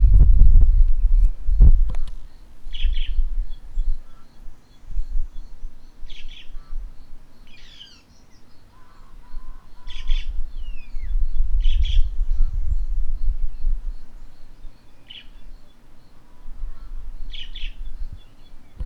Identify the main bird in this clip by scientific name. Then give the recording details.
Dinemellia dinemelli. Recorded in northern Uganda